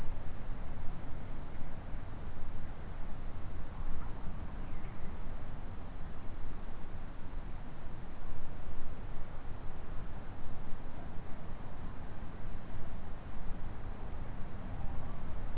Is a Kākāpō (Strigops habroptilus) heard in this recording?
no